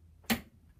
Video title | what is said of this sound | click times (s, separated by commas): How to Calibrate Torque Wrench DIY | and it's clicking. So if we add one more, that | 0.3 s